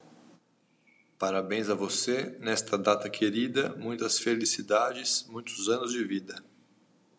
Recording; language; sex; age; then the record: short text; Brazilian Portuguese; male; 30 to 39 years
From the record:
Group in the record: control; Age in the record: 30 years